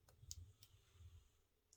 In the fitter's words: it's like a click, like when you just push it, it comes out.